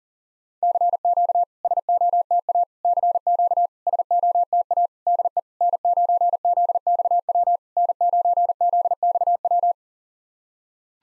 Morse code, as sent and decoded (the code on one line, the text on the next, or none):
-.-. --.- / ... --- - .- / -.-. --.- / ... --- - .- / -.. . / -. ----. --.. -..- .-- / -. ----. --.. -..- .--
CQ SOTA CQ SOTA DE N9ZXW N9ZXW